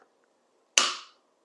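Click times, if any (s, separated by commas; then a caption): 0.8 s. A Torx torque wrench tightens the Torx screw on a Callaway golf club shaft adapter. After near silence with a couple of faint ticks, the wrench breaks over with a single loud, sharp snap at 0.8 s that rings out briefly over about a third of a second. The screw is now tightened to its set torque, as tight as it should be.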